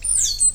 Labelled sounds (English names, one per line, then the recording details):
Stitchbird song
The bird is a male
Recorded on Tiritiri Matangi Island, New Zealand, in 2005
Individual 17, of nest box 25